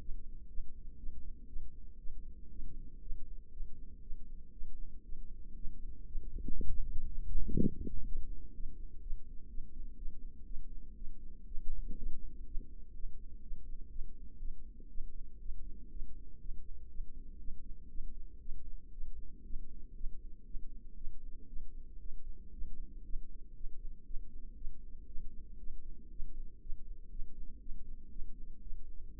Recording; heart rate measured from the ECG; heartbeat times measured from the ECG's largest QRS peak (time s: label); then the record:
heart sounds by microphone in the left ear; 119 bpm
0.01 s: heartbeat
0.50 s: heartbeat
0.98 s: heartbeat
1.48 s: heartbeat
1.99 s: heartbeat
2.51 s: heartbeat
3.02 s: heartbeat
3.52 s: heartbeat
4.02 s: heartbeat
4.53 s: heartbeat
5.04 s: heartbeat
5.56 s: heartbeat
6.07 s: heartbeat
6.57 s: heartbeat
7.07 s: heartbeat
7.57 s: heartbeat
8.07 s: heartbeat
8.55 s: heartbeat
9.02 s: heartbeat
9.50 s: heartbeat
9.97 s: heartbeat
10.46 s: heartbeat
10.96 s: heartbeat
11.47 s: heartbeat
11.97 s: heartbeat
12.47 s: heartbeat
12.95 s: heartbeat
13.43 s: heartbeat
13.91 s: heartbeat
14.39 s: heartbeat
14.89 s: heartbeat
15.40 s: heartbeat
15.91 s: heartbeat
16.41 s: heartbeat
16.90 s: heartbeat
17.40 s: heartbeat
17.90 s: heartbeat
18.41 s: heartbeat
18.92 s: heartbeat
19.45 s: heartbeat
19.95 s: heartbeat
20.46 s: heartbeat
20.96 s: heartbeat
21.48 s: heartbeat
22.00 s: heartbeat
22.53 s: heartbeat
23.05 s: heartbeat
23.56 s: heartbeat
24.06 s: heartbeat
24.56 s: heartbeat
25.07 s: heartbeat
25.59 s: heartbeat
26.11 s: heartbeat
26.61 s: heartbeat
27.11 s: heartbeat
27.61 s: heartbeat
28.11 s: heartbeat
28.62 s: heartbeat
29.13 s: heartbeat
From the record:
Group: healthy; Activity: rest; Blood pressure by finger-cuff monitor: 145/77 mmHg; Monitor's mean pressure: 94 mmHg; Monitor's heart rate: 120 bpm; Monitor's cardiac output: 9.4 L/min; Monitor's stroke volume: 79 mL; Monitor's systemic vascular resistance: 730 dyn s/cm5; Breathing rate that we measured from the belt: 18 breaths a minute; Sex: female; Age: 19 years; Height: 163 cm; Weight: 51 kg